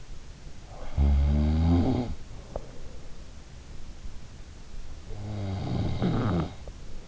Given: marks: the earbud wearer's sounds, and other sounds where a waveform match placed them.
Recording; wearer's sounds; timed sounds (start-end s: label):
sounds in sleep by an in-ear microphone; snoring breath
0.34-2.74 s: snoring breath
4.74-7.08 s: snoring breath